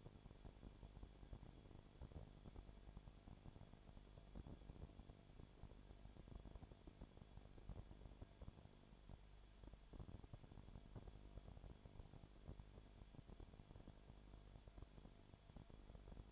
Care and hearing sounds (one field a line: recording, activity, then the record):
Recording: daily activity, microphone in the room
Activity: no activity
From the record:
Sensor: 5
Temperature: 20.0 degrees Celsius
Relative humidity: 37.1%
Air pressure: 1007.4 hPa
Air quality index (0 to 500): 83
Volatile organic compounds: 1 ppm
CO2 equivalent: 951 ppm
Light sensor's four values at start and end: 2/3/1/1 and 2/3/1/1